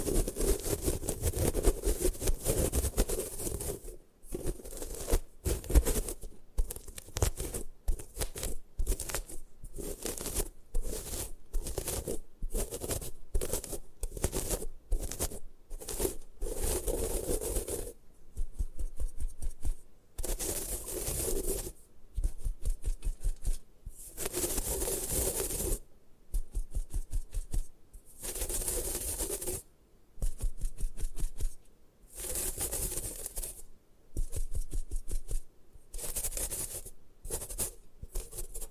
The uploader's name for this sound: Satisfying Ways to Destroy Gym Chalk